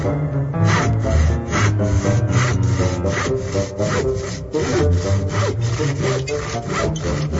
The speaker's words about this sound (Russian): Подлезший к ближнему столбу, приставил он к нему пилу и начал пилить.